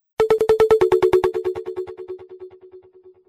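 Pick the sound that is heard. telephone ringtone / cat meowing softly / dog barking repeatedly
telephone ringtone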